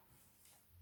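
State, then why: Not seated. A snap lid is handled over a small plastic storage container for diamond painting drills, one a bit smaller than the others. Only a quiet, steady low hum with faint, soft handling noise is heard over the short clip. Nothing has seated or clicked yet.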